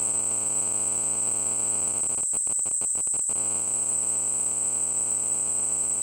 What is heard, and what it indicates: Tinnitus.